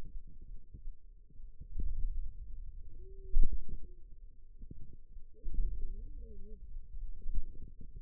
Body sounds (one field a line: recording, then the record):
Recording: forearm muscle sounds (acoustic myography)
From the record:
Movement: pen grasping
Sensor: system 2, bracelet of six BSWA MPA416 microphones around the upper forearm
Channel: 3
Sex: female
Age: 21 years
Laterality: right